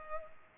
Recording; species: mosquito wingbeat signal from an infrared sensor; Culex pipiens